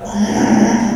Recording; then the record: squeal of a Yucatan mini pig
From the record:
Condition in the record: after surgery on the right vocal fold (resection and tissue-engineered implant); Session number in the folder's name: 3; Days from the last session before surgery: 33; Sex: male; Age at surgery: 12 weeks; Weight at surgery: 13 kg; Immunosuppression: cyclosporine, prednisolone